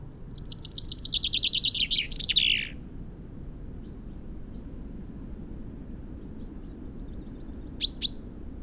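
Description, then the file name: Common chaffinch song: a quick series of descending notes ending in a brief flourish, then a short sharp call near the end; quiet otherwise. "Fringilla coelebs"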